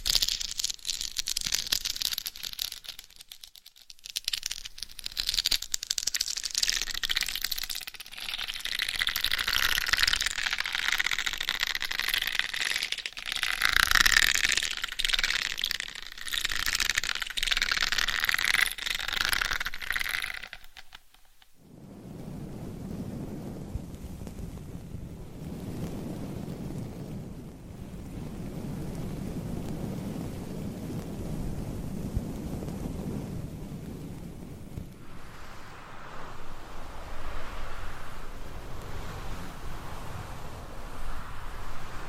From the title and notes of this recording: ASMR Binaural Head Mic Scratching INTENSE Head & Scalp Massage for 100% Sleep No Talking.